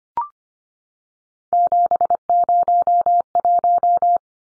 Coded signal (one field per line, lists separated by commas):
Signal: Morse code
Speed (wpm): 25 wpm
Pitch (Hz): 700 Hz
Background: none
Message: 701